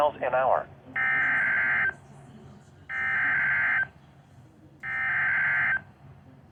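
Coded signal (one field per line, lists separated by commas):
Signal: Emergency Alert System (SAME) tones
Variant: header bursts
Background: speech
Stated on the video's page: Unexpected severe thunderstorm warning, recorded by chance.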